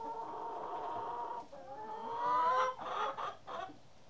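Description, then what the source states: Chickens calling with drawn-out, nasal harmonic notes, one rising sharply near the middle, followed by three short squawky bursts. More than one chicken.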